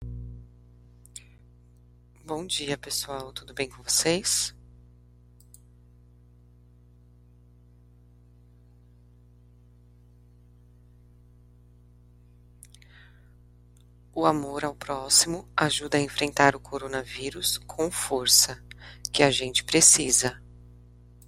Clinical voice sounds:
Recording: spoken sentence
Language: Brazilian Portuguese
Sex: female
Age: 30 to 39 years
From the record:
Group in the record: control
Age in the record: 32 years

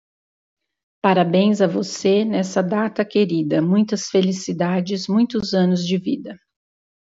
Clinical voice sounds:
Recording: short text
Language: Brazilian Portuguese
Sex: female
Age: 50 to 59 years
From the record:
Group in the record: control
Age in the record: 52 years

